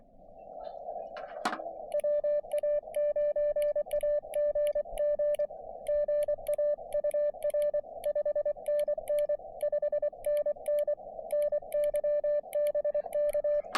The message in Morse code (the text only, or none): WA9AGG GA UR 5NN 5NN NY BK